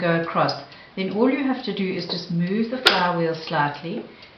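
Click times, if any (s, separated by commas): none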